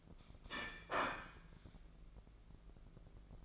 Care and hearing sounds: daily activity, microphone in the room; place plate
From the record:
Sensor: 5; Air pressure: 1015.1 hPa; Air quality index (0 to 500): 207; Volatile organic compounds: 11 ppm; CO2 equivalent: 2268 ppm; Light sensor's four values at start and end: 76/178/76/83 and 76/179/76/84

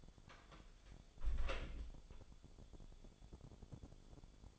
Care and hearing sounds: daily activity, microphone in the room; close door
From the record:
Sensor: 5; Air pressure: 1015.3 hPa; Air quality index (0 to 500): 220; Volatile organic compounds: 13 ppm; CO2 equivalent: 2392 ppm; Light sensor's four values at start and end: 35/80/32/31 and 35/80/32/31

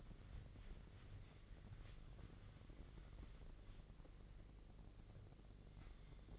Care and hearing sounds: daily activity, microphone in the room; wipe stove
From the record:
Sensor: 4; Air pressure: 1013.2 hPa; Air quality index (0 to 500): 179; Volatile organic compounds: 2 ppm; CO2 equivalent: 1126 ppm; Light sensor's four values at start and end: 93/235/97/103 and 93/233/96/102

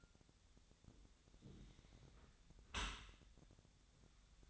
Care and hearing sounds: daily activity, microphone in the room; close dishwasher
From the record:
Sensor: 3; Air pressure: 1006.7 hPa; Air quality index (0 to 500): 206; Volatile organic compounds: 19 ppm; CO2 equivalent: 2642 ppm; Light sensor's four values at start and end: 10/24/10/10 and 10/24/10/10

